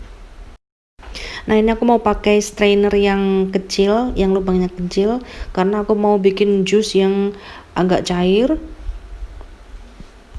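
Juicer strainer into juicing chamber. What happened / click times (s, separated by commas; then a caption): Handled, not yet home: the strainer has not clicked into place / none. Someone talks while handling a fine-mesh strainer with small holes, chosen to make a thinner juice, that goes into the chamber of a slow juicer. No click is heard, and the strainer has not seated or clicked into place yet.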